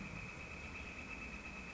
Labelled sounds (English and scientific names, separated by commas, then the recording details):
Northern Flicker (Colaptes auratus)
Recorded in Sonoma County, California